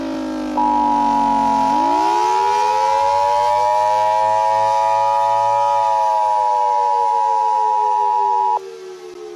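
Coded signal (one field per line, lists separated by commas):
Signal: Emergency Alert System (SAME) tones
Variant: 853 and 960 Hz attention tone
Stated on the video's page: Fictional EAS scenario made with PowerPoint.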